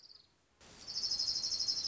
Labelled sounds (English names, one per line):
Orange-crowned Warbler